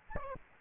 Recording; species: mosquito wingbeat signal from an infrared sensor; Aedes albopictus